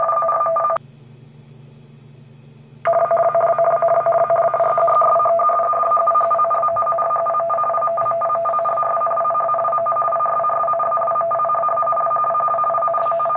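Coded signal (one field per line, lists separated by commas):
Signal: RTTY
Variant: 50 baud, 500 Hz shift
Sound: rapid warbling two-tone teletype chatter, brief pause, then continuous two-tone data stream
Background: low hum, radio hiss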